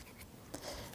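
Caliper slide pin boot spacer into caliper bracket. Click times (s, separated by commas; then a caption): 0.5 s. The large spacer for a caliper slide pin boot is dropped into its bore in the caliper bracket of a 2007-2017 Jeep Patriot 2.4L L4 during front wheel bearing work. After a quiet stretch of faint rustling, a short sharp click at 0.5 s marks the spacer popping into place and seating, followed by a softer tap near 0.9 s.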